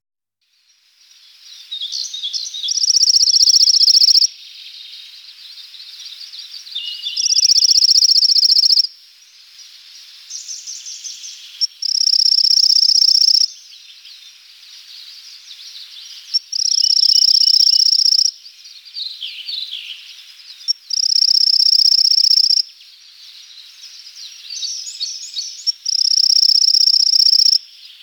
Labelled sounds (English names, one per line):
Pale-legged Leaf Warbler song